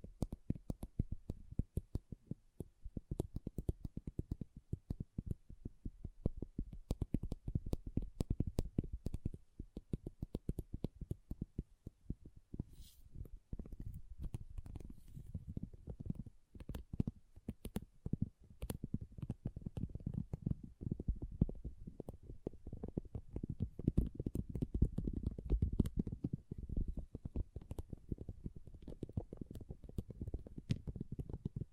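Pixel art beads rattle and tumble in a dense, continuous stream of tiny clicks that runs for the whole half minute. The clatter stays mostly low and muffled, with brief brighter ticks poking out now and then and slight swells in busyness throughout.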